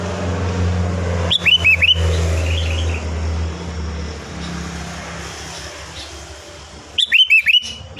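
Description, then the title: Sooty-headed bulbul whistling two brisk four-note phrases, the first near the start and the second about five and a half seconds later, against vehicle noise. "Kutilang"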